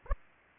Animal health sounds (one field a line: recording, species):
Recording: mosquito wingbeat signal from an infrared sensor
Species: Aedes aegypti